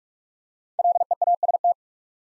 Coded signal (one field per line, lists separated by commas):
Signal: Morse code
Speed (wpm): 45 wpm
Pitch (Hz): 700 Hz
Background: none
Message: LEAST